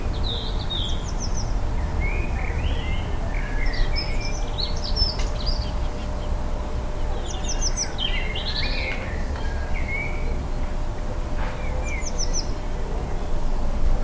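Birds sing and chirp in a Liverpool garden, with several voices overlapping in quick bright phrases and short trills throughout the fourteen seconds. A steady low rumble and hiss runs underneath the whole time, with a faint even hum.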